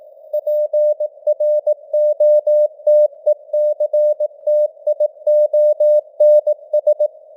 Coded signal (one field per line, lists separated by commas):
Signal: Morse code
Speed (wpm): 18 wpm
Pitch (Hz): 600 Hz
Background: none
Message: PROTECTIONS